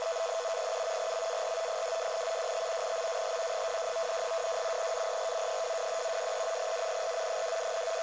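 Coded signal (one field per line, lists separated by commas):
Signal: NAVTEX (SITOR-B)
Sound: fast warbling two-tone chirping data around 600 Hz, continuous, under steady hiss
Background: radio static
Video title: 518 Khz Navtex yayını Sekizgen loop ve RTL-SDR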